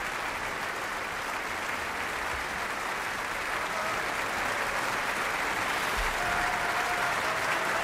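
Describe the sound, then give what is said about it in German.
A large crowd gives a standing ovation in the Sparkassen-Arena in Kiel after a concert of the NDR Symphony Orchestra under conductor Thomas Hengelbrock: a dense, steady roar of clapping that holds at full strength throughout, with no talking over it. “Stehende Ovationen hier in der Kieler Sparkassenarena.”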